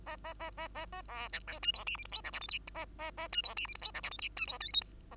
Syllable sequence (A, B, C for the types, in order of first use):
A A A A A A B C D E F G H I J K L M N A A A E F G H I J K L M N E F O P Q A